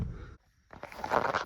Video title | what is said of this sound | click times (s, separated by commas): Honda OEM fog lights for the 2003 Element | that little 20 amp fuse thing plugs snaps right into the bottom of the fuse box. | 1.2 s